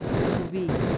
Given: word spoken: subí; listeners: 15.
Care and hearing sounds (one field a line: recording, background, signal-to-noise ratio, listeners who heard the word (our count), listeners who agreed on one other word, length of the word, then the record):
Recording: one Spanish word in noise, from a listening test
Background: noise modulated by three-talker babble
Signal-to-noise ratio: -5.7 dB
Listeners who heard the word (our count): 4 of 15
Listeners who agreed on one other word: 6 of 15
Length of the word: 0.58 s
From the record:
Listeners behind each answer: 6, 4, 3, 1, 1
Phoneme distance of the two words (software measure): 7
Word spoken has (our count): 2 syllables, 4 phonemes, stress on syllable 2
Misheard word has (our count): 2 syllables, 5 phonemes, stress on syllable 2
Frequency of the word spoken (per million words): 3.69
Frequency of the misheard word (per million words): 34.93